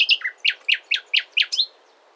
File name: Luscinia megarhynchos